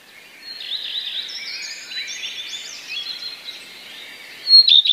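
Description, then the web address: Common redstart singing a dense, continuous warble of overlapping chirps and slurred notes, ending with a few loud sharp notes. Song containing borrowings of sparrow sounds, mimicry taken from other songbirds. "wroblowe zapozyczenia pleszka"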